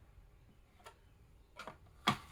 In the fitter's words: There we go. I notice there's a little click in there.